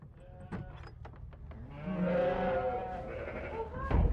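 Sheep: a lamb bleating: soft clicks and rustles first, then a drawn-out nasal bleat that slowly fades, ending with a loud knock.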